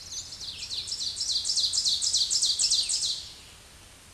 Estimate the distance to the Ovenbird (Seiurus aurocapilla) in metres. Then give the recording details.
about 15 m. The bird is about 10 m above the microphone. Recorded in a Pennsylvania forest on 16 May 2024 at 07:52. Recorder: AudioMoth, point MSD-0475. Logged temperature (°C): 12.3 °C. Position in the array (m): 147 m, -11 m